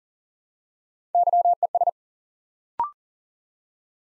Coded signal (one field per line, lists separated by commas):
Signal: Morse code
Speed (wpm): 38 wpm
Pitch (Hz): 700 Hz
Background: none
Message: YES